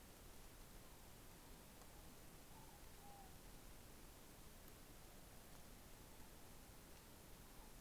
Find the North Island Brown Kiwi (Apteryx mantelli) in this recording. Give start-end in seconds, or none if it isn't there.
none